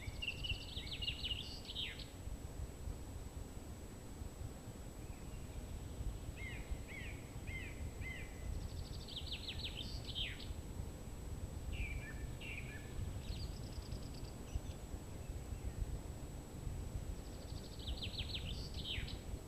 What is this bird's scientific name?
Turdus philomelos